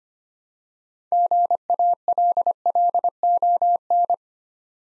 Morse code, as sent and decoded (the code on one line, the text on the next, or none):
--. .- .-.. .-.. --- -.
GALLON